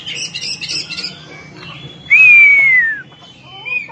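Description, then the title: Oriental magpie-robin giving a single clear whistled note that slides slowly downward for about a second, with softer chirps and twittering before and after. "Kacer"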